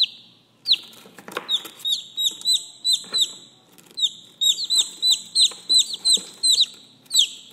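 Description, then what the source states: Chick calls: one drawn-out peep, then a few knocks and scuffs, followed by a steady run of sharp falling peeps. Chick, a young chicken, calling.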